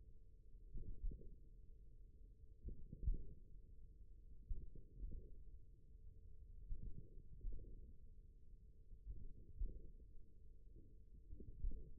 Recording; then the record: forearm muscle sounds (acoustic myography)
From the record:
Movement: tripod grip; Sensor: system 1, eight BSWA MPA416 microphones around the upper forearm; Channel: 2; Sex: male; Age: 41 years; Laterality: right